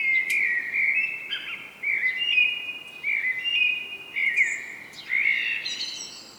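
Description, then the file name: Common blackbird song: several mellow fluted phrases in quick succession, sliding and warbling, some ending in brief high squeaky flourishes, with short gaps between. "Turdus merula"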